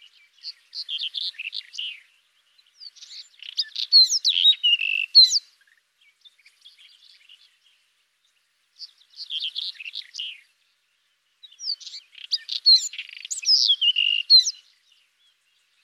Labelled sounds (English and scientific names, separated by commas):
White-throated Robin (Irania gutturalis) song